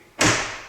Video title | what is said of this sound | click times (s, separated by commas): Wall Cabinets - Part 2 - 160307 | they just snap into place | 0.2 s